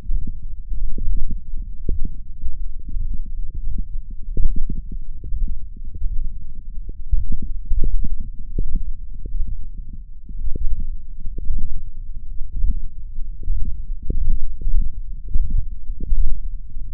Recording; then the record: forearm muscle sounds (acoustic myography)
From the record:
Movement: ulnar deviation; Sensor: system 1, eight BSWA MPA416 microphones around the upper forearm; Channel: 8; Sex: male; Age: 21 years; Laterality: right